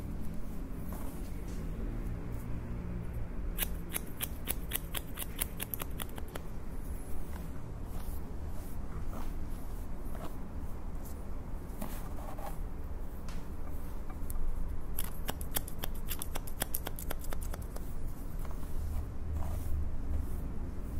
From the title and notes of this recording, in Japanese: (ASMR)ハサミでカット。ホワイトノイズよりの音となります。